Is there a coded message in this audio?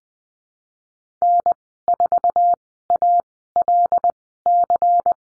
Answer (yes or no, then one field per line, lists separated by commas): yes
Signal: Morse code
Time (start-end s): 1.2-5.1 s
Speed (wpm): 19 wpm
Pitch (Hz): 700 Hz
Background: none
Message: N4ALC